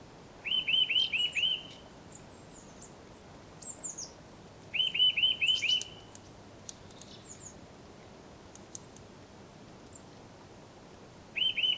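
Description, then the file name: Eurasian nuthatch giving short bursts of five quick arched whistles separated by pauses of several seconds, with faint high calls between and constant background noise. "Sitta europaea"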